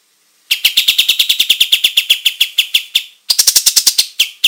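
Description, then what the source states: Olive-winged bulbul song of rapid, evenly spaced high chirps, a long run followed by a short pause and a second, shorter burst. Singing in full, active voice (gacor).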